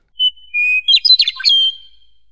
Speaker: meadowlarks throw their lance-like song